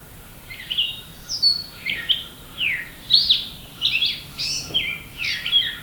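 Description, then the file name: Grey catbird singing a jumbled string of short squeaky and whistled notes, with rising and falling sweeps. "Dumetella carolinensis - Grey Catbird"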